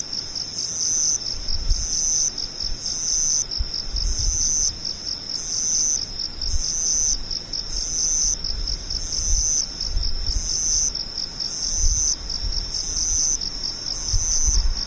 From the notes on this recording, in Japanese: ムシ